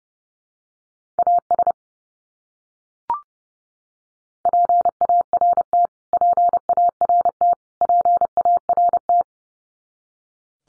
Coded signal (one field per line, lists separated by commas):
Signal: Morse code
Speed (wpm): 30 wpm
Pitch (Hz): 700 Hz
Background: none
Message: AS PART PART PART